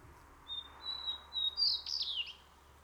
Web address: White bellied Redstart Luscinia phaenicuroides. white bellied redstart call